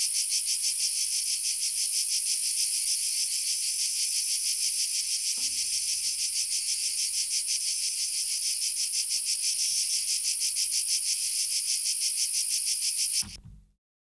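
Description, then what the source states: Continuous high, pulsing cicada buzz, a thump partway through, then a clunk of handling noise as the sound abruptly cuts off near the end. Two cicada species together; Sardinia, Sassari, Patada to Oshiri road north of Mount Pedralunga, 300 m; 16 July 1990, 14:30; very hazy sun, 35 °C; UHER 4200 recorder, AKG D202 microphone.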